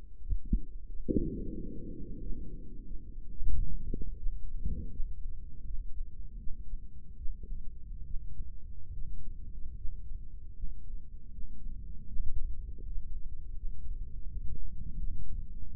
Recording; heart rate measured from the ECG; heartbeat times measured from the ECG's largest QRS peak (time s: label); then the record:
heart sounds by microphone in the right ear; 81 bpm
0.20 s: heartbeat
0.87 s: heartbeat
1.54 s: heartbeat
2.21 s: heartbeat
2.85 s: heartbeat
3.50 s: heartbeat
4.18 s: heartbeat
4.92 s: heartbeat
5.67 s: heartbeat
6.39 s: heartbeat
7.18 s: heartbeat
8.06 s: heartbeat
8.94 s: heartbeat
9.77 s: heartbeat
10.56 s: heartbeat
11.33 s: heartbeat
12.08 s: heartbeat
12.82 s: heartbeat
13.57 s: heartbeat
14.29 s: heartbeat
14.98 s: heartbeat
15.68 s: heartbeat
From the record:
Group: healthy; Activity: Valsalva maneuver 0-2 s, rest 2-16 s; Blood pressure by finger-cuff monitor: 93/65 mmHg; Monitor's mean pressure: 78 mmHg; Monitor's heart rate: 81 bpm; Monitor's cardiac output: 7.3 L/min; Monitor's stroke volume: 91 mL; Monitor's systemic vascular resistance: 770 dyn s/cm5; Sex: male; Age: 57 years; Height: 188 cm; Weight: 106 kg